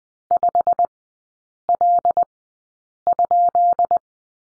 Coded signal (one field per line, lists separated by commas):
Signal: Morse code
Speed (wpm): 20 wpm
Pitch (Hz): 700 Hz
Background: none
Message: 5L?